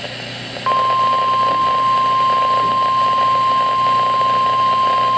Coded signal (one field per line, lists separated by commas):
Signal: Emergency Alert System (SAME) tones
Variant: 1050 Hz attention tone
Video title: EAS Alert #11